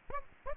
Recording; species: mosquito wingbeat signal from an infrared sensor; Aedes aegypti